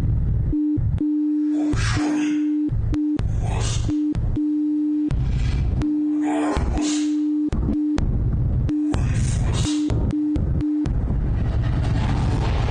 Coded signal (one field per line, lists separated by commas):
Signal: Morse code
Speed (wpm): 5 wpm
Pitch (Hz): 300 Hz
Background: none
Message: PAGES